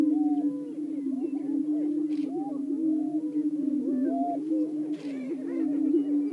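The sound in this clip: Greater prairie-chickens hold a deep, unbroken booming drone while many short, looping whoops and squeals overlap above it.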